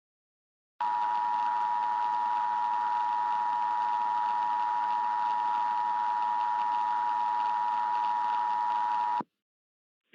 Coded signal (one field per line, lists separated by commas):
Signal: Emergency Alert System (SAME) tones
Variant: 853 and 960 Hz attention tone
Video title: EAS Scenario #9: Hot Jupiter